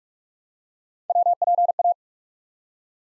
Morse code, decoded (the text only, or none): WPA